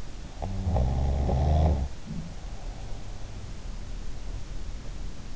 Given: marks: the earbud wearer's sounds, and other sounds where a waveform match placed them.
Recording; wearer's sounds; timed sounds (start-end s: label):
sounds in sleep by an in-ear microphone; snoring breath
0.18-2.03 s: snoring breath